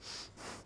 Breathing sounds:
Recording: one breath in and out by a microphone near the nose and mouth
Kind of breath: strong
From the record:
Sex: male

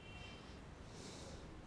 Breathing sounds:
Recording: one breath in and out by a microphone near the nose and mouth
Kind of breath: normal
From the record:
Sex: male

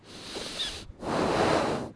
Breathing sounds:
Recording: one breath in and out by a microphone near the nose and mouth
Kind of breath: deep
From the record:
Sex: male

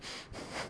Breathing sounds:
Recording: one breath in and out by a microphone near the nose and mouth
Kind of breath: strong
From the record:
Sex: male

